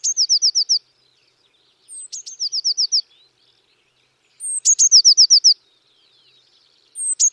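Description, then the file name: Eurasian Blue Tit repeating a short high note and rapid trill, four phrases a couple of seconds apart, with faint chips between. "Cyanistes caeruleus"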